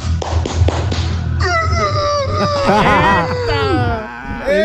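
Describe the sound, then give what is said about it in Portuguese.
A few soft thumps, then a person mimics a rooster crowing with one long, strained, wavering vocal call that rises and falls in pitch for about three seconds. “E lá vai a imitação do galo”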